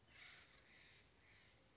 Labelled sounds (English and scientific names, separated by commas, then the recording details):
Steller's Jay (Cyanocitta stelleri)
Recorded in Sonoma County, California